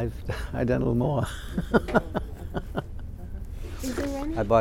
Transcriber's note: he laughs